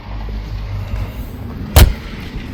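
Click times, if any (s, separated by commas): 1.8 s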